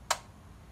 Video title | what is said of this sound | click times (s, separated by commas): How to do your own OIL CHANGE and SAVE MONEY (Chevy Cruze) !! | and it just clicks in place | 0.1 s